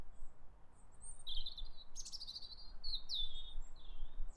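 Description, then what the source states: Birds singing bright, high whistled notes and rapid chirps in short runs, with a brief burst of noise in the middle. Birds in a garden.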